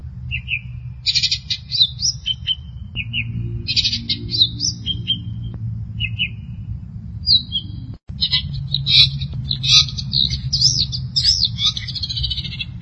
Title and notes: Pentet 201703. Suara burung pentet